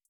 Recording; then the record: hydrophone in a shrimp aquaculture tank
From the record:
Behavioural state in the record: starved